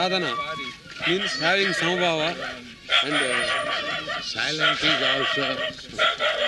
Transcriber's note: dog barking